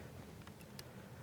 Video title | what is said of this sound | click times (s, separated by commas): Honda CRF 450 Electronic Jet Kit install | you should hear a snap when it plugs on just give that another little pull just to make sure | 0.8 s